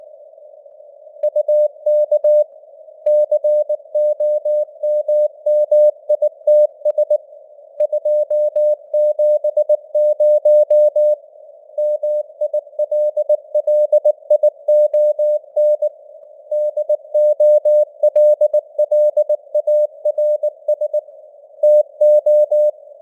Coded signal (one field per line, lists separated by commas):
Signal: Morse code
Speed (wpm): 19 wpm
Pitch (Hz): 600 Hz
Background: none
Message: UK COMMITS 270 MILLION DOLLARS TO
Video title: Morse Code News | 2026-01-10 | 19wpm